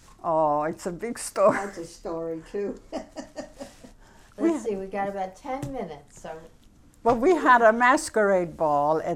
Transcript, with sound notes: Oh, it's a big story.
A lovely story, too. ( she laughs )
Let's see. We've got about ten minutes, so...
But we have a masquerade ball.